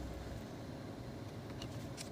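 A seat belt tongue is handled near the seat buckle inside a car, heard over a steady low vehicle hum with two brief sharp ticks at about 1.6 and 2.0 seconds. The clip ends before the tongue goes into the buckle, so nothing has seated or clicked yet.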